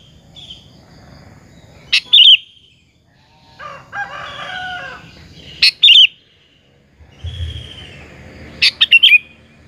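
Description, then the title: Sooty-headed bulbul gives three quick bubbly phrases spaced a few seconds apart, while a rooster crows between the first two. "Kutilang"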